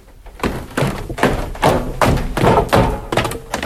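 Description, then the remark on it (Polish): A steady series of heavy footsteps thumps down a flight of metal stairs, each step a resonant, slightly ringing clang at an even walking pace, about seven steps in all, with no talking. “Ja metalowe. To są na przykład schody, które świetnie pasują do łodzi podwodnych.”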